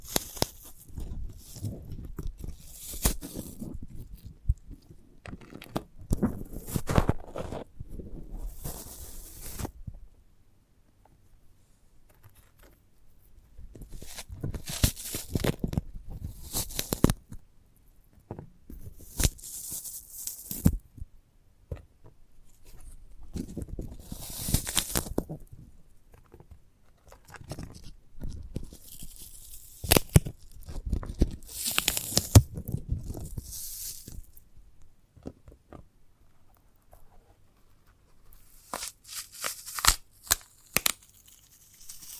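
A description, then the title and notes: ASMR of a sprouted coconut: bursts of tearing, crunching and crinkling handling sounds arrive in irregular clusters every few seconds, separated by near-silent pauses. Some bursts are bright and scratchy, others carry a soft low thump as the coconut is pulled apart. ASMR of a Sprouted Coconut (No Talking).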